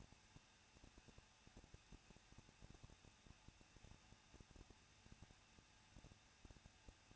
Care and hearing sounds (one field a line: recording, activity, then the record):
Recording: daily activity, microphone in the room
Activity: no activity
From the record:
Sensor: 2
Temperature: 21.0 degrees Celsius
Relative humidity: 37.3%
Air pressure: 1006.2 hPa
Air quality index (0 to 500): 222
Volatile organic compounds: 24 ppm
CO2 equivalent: 2809 ppm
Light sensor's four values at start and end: 2/3/2/2 and 2/3/2/2